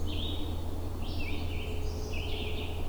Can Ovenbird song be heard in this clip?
no